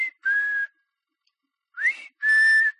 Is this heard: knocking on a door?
no